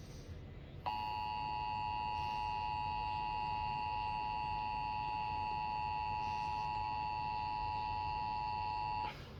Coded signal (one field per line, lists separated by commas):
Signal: Emergency Alert System (SAME) tones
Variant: 853 and 960 Hz attention tone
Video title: Required Monthly Test | EAS #14